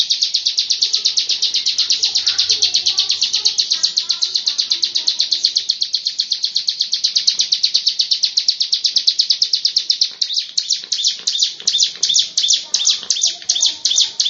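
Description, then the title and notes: Bird song: a long, dense series of high chirps running together almost like a trill, then separating into distinct notes toward the end. "Bird Sound. Kicau Burung Lengkap"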